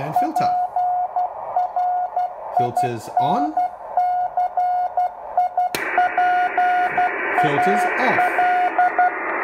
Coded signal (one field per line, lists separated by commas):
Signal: Morse code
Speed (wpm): 12 wpm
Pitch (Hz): 720 Hz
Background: speech, radio noise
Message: PRINCIPAL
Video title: CW Audio Filter …. Hear Clearly @TheArtofEngineering